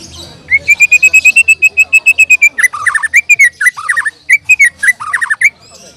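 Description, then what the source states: White-rumped shama singing loud, clear whistles, first a fast run of repeated notes, then varied, rich phrases that rise and fall. Murai batu singing at a songbird contest in class Murai Batu A.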